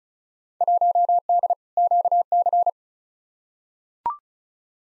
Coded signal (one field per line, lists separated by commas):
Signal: Morse code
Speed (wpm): 34 wpm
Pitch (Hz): 700 Hz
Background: none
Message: 1D QC